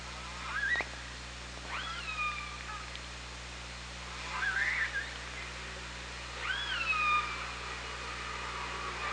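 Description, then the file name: Killer whale calls: four rising, upswept harmonic calls spaced a few seconds apart, some ending in level tones, over a steady low hum. Killer whales recorded on the OrcaLab hydrophone, 24 August 2017, 17:23. "Orca Lab UTLN JASON 20170824 172300"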